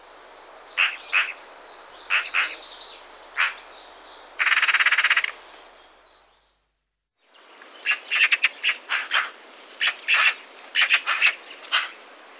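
Eurasian magpie chatter of dry, harsh chacks in a loose series after a brief silence, preceded by higher calls and a short buzzy burst.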